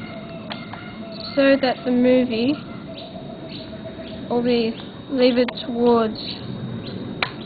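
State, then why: Released. A plastic red-and-green security lock on a DVD case is levered toward the unlock position by pushing on its dots at an angle while someone talks. A sharp click is heard at 7.2 s as the lock lets go and releases the case.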